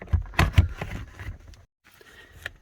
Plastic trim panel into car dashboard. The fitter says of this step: and once it's snapped into place